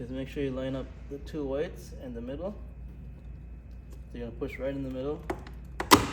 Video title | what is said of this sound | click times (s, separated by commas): SUMA Performance Wide Angle Mirror Install - 2023+ Honda Civic Type R FL5 | hear that snap. | 5.8 s